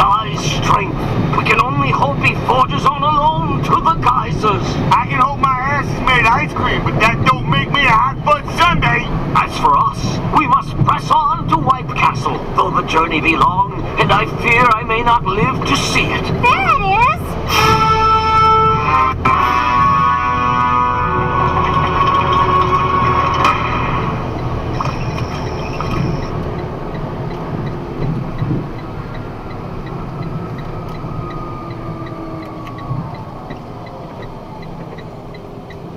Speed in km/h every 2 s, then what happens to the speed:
112, 112, 112, 108, 104, 100, 96, 94, 93, 92, 91, 92, 89, 85, 79, 71, 57, 41.
4-13 slows to 94. 13-25 steady at about 92. 25-36 brakes to 41.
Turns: none.